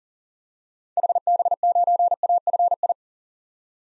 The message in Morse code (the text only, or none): HB9AFI